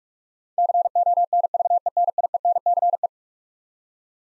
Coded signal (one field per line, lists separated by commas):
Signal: Morse code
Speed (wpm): 46 wpm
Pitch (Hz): 700 Hz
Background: none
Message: CONVENIENCE